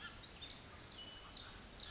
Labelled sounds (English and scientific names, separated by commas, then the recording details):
Pacific Wren (Troglodytes pacificus)
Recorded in Sonoma County, California